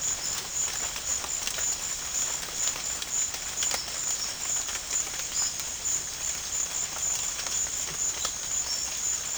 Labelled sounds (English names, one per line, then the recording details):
none
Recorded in pastures near Puerto Asís, Putumayo, Colombia, on 21 March 2025 at 14:30
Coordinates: 0.502, -76.324
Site GP07